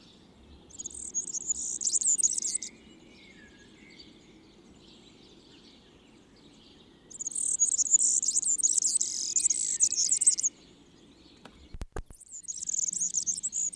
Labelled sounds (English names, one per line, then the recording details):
Marsh Warbler song
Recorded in the wild
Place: Kaiserslautern, Rheinland-Pfalz, DE
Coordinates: 49.4806, 7.71167
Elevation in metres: 231
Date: 1973-06-12
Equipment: Nagra IV, Sennheiser MKH 405, Parabolreflektor
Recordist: Tretzel, Erwin